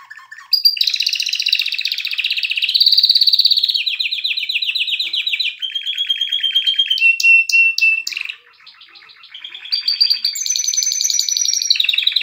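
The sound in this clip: Canary singing a long varied sequence of rapid trills and buzzes, pitch stepping between tours, a short quieter break, then higher bright rolls.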